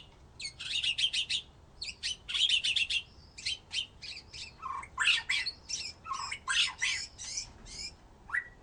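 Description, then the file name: White-rumped shama giving a long series of sharp, harsh chattering notes in quick bursts, with a few lower slurred notes. "murai batu"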